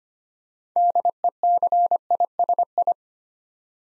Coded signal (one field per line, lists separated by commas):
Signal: Morse code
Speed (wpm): 25 wpm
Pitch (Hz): 700 Hz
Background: none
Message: DECISI